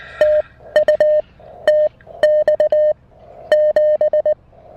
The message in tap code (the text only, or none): none